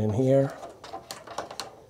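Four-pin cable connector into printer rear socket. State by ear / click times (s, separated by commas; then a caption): seated / 1.6 s. Someone talks briefly, then a four-pin plastic cable connector is pushed into its socket on the back of a Bambu X1 Carbon 3D printer, with a few small plastic taps while it is lined up. It clicks and locks in place at 1.6 s.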